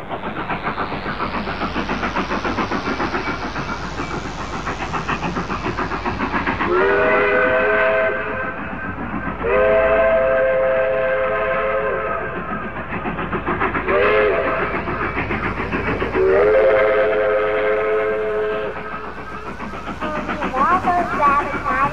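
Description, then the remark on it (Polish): A train departing a station rumbles and hisses steadily as its steam whistle sounds several loud, harmonic blasts, some long and one short, over the continuous chugging noise of the engine. “No to na stację i pociąg, żeby odjechał.”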